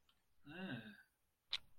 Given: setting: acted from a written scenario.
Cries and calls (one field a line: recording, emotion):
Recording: vocal sound without words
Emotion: embarrassment